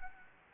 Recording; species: mosquito wingbeat signal from an infrared sensor; Anopheles gambiae